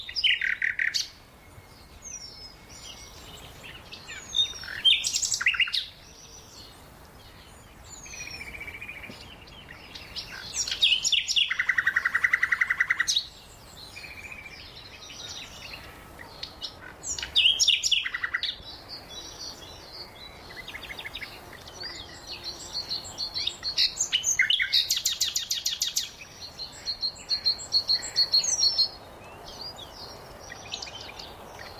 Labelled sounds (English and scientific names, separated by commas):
Eurasian Penduline Tit (Remiz pendulinus) call